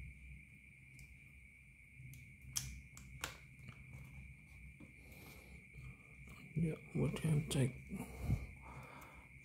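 A plastic-mounted SSD/drive part, from an SSD & HDD caddy upgrade, is pushed into its bay in a Lenovo Ideapad 330 laptop, giving sharp snaps at 2.6 s and 3.2 s as it seats. The sides are then checked and the part is judged locked, while someone talks.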